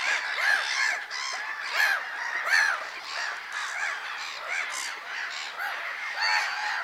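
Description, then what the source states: Black-headed gulls giving repeated short, arched, harsh calls, many birds overlapping in a continuous noisy chorus with occasional louder screeching notes. Many birds calling together.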